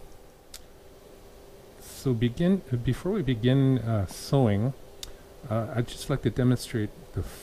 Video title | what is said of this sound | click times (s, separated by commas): Zigzag Basic | and then push it in and you should hear a click to make sure it's firmly in place to where it should be | 0.6 s